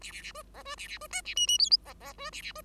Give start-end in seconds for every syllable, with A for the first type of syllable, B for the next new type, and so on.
0.01-0.11 A, 0.12-0.21 A, 0.22-0.32 A, 0.34-0.42 B, 0.54-0.62 C, 0.65-0.76 B, 0.78-0.87 A, 0.88-0.98 A, 1.01-1.07 B, 1.10-1.21 D, 1.25-1.35 A, 1.36-1.47 E, 1.47-1.58 E, 1.58-1.70 F, 1.85-1.94 C, 2.00-2.13 C, 2.18-2.30 B, 2.32-2.42 A, 2.42-2.52 A, 2.55-2.62 B